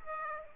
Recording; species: mosquito wingbeat signal from an infrared sensor; Aedes aegypti